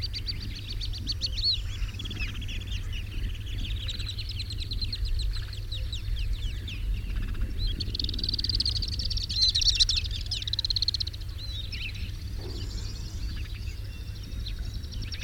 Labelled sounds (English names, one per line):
Alpine Swift call